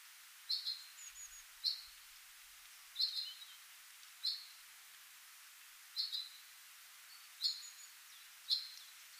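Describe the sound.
Common chaffinch repeating a short, sharp high call roughly every one to two seconds, about seven times, with steady background hiss.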